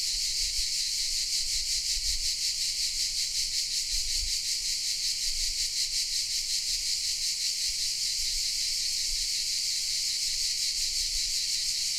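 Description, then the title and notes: Cicadas keep up a loud, shimmering buzz that throbs regularly, with occasional soft low bumps beneath. Recorded in the shade of pine trees in the park of the Certosa di Padula, Italy; mainly cicadas; Zoom H6 with MS capsule. "Cicale nel parco della Certosa. Registrazione all'ombra dei pini nel parco della Certosa di Padula. Principalmente biofonie prodotte da cicale e corvi"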